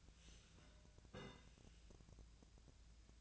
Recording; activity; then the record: daily activity, microphone in the room; take from stove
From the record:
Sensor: 2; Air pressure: 1009.8 hPa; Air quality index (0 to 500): 180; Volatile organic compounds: 10 ppm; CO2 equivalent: 2254 ppm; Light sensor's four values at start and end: 30/73/32/35 and 30/73/32/35